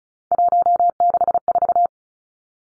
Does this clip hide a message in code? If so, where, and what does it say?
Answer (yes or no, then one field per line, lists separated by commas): yes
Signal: Morse code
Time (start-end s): 0.3-1.9 s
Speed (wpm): 34 wpm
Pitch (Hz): 700 Hz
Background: none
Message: 164